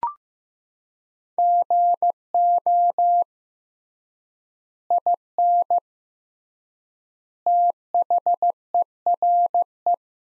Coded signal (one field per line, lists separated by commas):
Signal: Morse code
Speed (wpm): 16 wpm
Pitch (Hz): 700 Hz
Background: none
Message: GO IN THERE